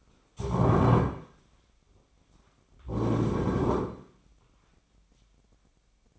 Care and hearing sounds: daily activity, microphone in the room; stand up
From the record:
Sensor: 1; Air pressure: 1009.3 hPa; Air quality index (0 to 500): 178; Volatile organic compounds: 3 ppm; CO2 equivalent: 1506 ppm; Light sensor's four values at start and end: 46/122/51/61 and 44/116/48/57

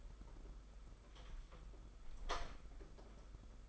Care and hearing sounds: daily activity, microphone in the room; close door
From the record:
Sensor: 5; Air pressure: 991.8 hPa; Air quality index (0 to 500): 133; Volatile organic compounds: 79 ppm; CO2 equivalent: 3600 ppm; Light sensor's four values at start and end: 33/110/41/44 and 33/110/41/44

